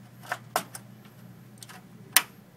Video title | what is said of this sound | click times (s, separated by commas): Komputerbay 12GB (3 X 4GB) DDR3 DIMM (240 pin) 1333Mhz PC3 10600 / PC3 10666 (8-8-8-24) 12 GB KIT | hear the clicking sound it means that the memory is secure and the motherboard | 0.6 s, 2.2 s